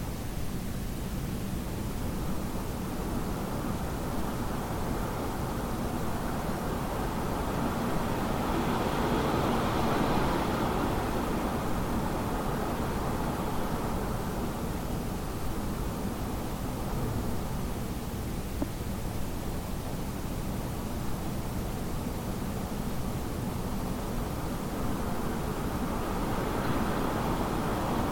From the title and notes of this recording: This audio track captures the haunting and mesmerizing sound of winds as they howl through landscapes, creating an eerie and otherworldly atmosphere.